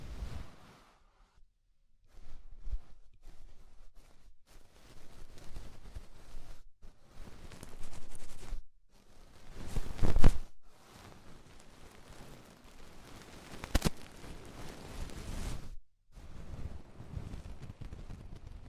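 Ear cleaning sounds with rhinestones and clay being removed: soft scratchy rubbing and crinkly rustles come in bursts, separated by short silent gaps. The texture swells and fades unevenly, with sharp clicks near ten and fourteen seconds.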